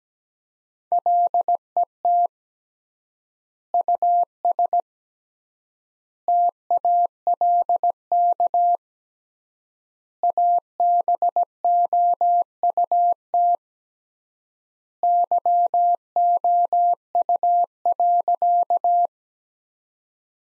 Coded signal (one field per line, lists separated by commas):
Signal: Morse code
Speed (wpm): 17 wpm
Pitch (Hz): 700 Hz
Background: none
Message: LET US TALK ABOUT YOU.